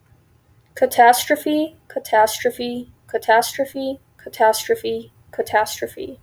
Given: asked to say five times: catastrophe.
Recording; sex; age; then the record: repeated word; female; 20 to 29 years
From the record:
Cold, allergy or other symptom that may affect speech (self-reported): no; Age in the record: 24 years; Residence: Illinois, United States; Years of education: 18